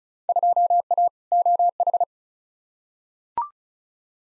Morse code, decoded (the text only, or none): 2A OH